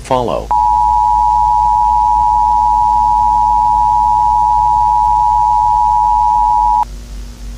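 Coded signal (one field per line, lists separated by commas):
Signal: Emergency Alert System (SAME) tones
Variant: 853 and 960 Hz attention tone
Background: speech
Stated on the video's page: Fictional EAS scenario with simulated SAME tones; the tones are described as potentially disturbing and not meant for broadcast.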